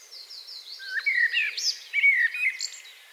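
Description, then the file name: Common blackbird singing two short warbled phrases with squeaky high endings. "Turdus merula"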